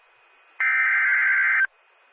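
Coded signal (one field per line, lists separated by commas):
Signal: Emergency Alert System (SAME) tones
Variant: header bursts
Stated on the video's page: Simulated virtual EAS alerts: a severe thunderstorm warning and a special marine warning.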